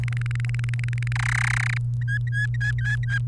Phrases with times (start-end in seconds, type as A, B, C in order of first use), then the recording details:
0.03-1.12 A, 1.15-1.77 B, 2.01-3.18 C. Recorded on 29 April 2018 at 13:46. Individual llb3